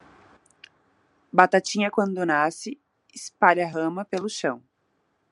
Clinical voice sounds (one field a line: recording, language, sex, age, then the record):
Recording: short text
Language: Brazilian Portuguese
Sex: female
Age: 20 to 29 years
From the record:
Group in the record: control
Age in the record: 29 years